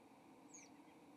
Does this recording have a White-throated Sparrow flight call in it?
no